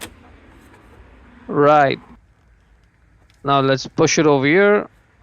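The rear lamp (tail light assembly) of a 2016–2021 Hyundai Tucson, removed during a rear turn signal bulb replacement, is handled and moved to be pushed in at its second location on the vehicle body clip. Someone talks over a quiet background, with brief faint ticks near 0.0 s and 3.3 s. Nothing has seated or clicked yet.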